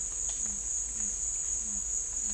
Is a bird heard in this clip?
no